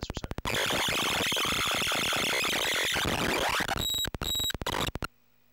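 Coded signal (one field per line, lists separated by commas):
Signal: Commodore tape loading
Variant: Commodore 64 cassette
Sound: harsh buzzing data screech with a rising sweep, then choppy buzzes and silence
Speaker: don't recall how long this game takes the load but i would estimate it's probably about four minutes or so now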